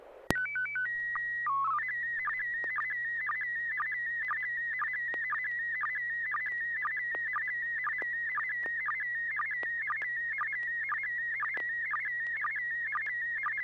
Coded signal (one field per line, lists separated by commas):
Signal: SSTV (slow-scan television)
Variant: PD 120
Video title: N6NA SSTV Net - 11/01/2023